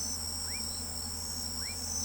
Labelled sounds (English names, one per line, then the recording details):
none
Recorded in pastures near Pivijay, Magdalena, Colombia, on 2 June 2023 at 04:30
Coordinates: 10.456, -74.369
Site P6-G026